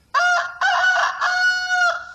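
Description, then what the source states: Rooster crowing: a loud, harsh cock-a-doodle-doo in three connected parts. Rooster named Bayo in Miami, rescued by a rooster-loving family just before a Santeria sacrifice.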